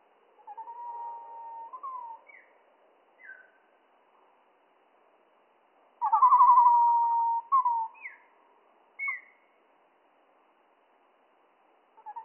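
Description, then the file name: Spotted flycatcher song, slowed: a held wavering tone, a few scattered falling notes, then a loud warbling burst around six seconds and more brief notes between silences. Slowed down three octaves, mono. "GOBE MOUCHE GRIS MOINS TROIS OCTAVES MONO"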